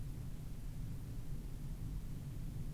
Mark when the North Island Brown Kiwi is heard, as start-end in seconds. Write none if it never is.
none